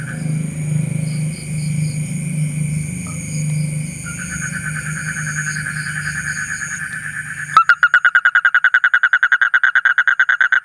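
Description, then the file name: Asian common toad heard first faintly under a low rumbling background, then loudly as a sharp, rapid pulsed trill begins and continues to the end. "suara kodok bangkong kolong kodok buduk"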